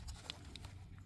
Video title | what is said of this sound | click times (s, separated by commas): Hyundai Santa FE 2.0 T AWD- Removing and replacing spark plugs/gapping spark plugs/#howto | I didn't hear it click really | none